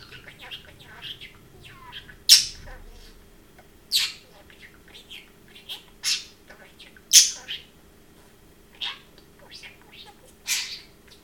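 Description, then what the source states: Parrot giving scattered soft chirps and mutterings broken by repeated loud sharp squeaks. Domestic pet parrot, chirping and talking.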